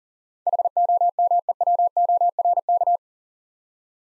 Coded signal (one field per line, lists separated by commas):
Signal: Morse code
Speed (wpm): 44 wpm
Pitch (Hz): 700 Hz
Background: none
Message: HOMEWORK